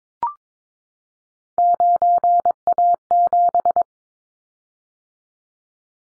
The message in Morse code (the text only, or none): 9A7